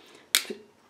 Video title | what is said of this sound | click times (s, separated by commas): Voigtlander 'BESSA 66' | it clicks. That's right. | 0.4 s